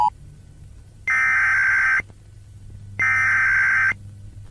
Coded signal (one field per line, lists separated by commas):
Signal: Emergency Alert System (SAME) tones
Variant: header bursts